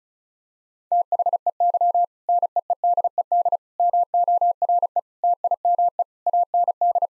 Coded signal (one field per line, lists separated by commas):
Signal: Morse code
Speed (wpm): 36 wpm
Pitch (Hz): 700 Hz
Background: none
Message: THEY NEEDED MORE TIME AND